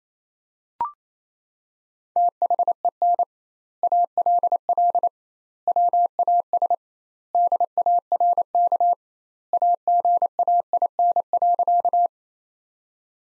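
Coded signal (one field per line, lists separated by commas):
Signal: Morse code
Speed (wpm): 28 wpm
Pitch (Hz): 700 Hz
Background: none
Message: THEN ALL WAS DARK AGAIN.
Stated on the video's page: Morse practice sentences at 28 wpm with twice standard word spacing, a Farnsworth-like method.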